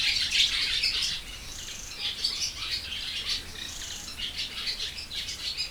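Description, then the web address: Sand martin calls: a dense chorus of dry, scratchy twittering chirps from many birds, overlapping without pause throughout. Sand martin in the wild, 2014, at Hortobágy fishponds, Hungary, from the door of a bird-watching hide. "allathangok termeszetben partifecske 2014 madarmegfigyelohazajtajabol hortobagyihalastavak"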